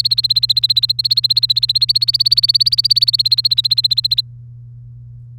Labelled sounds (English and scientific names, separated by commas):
Domestic Canary (Serinus canaria) song